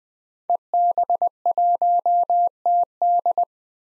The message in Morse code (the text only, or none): EB1TD